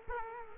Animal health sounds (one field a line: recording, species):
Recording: mosquito wingbeat signal from an infrared sensor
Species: Culex quinquefasciatus